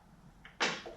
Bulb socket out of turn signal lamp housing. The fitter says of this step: turn pop out